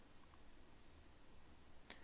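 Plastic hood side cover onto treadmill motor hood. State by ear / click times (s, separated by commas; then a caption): seated / 1.9 s. A plastic hood side cover is pressed onto the motor hood of a T655MD treadmill before the screws go in. Over a low background hum, a single short, sharp snap at 1.9 s marks the cover seating in place.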